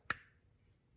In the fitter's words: should hear a snap,